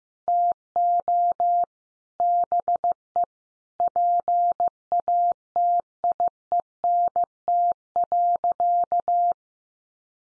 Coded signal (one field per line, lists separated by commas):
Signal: Morse code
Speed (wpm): 15 wpm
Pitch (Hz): 700 Hz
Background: none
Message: TO BE PATIENT.